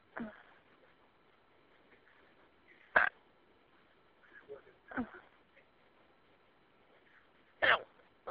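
Four sharp, abrupt hiccups from an adult woman come at roughly two- to three-second intervals, with a few softer breath sounds between them, over faint telephone-line hiss. These are repeated hiccups: sudden involuntary spasms of the diaphragm that snap the vocal cords shut.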